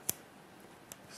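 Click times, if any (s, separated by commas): 0.1 s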